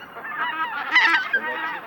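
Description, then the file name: Greater White-fronted Goose: greater white-fronted geese calling together, a brief burst of overlapping nasal, yelping honks peaking midway. Flock chatter of greater white-fronted geese, recorded for an electronic hunting caller. "Белолобый базар"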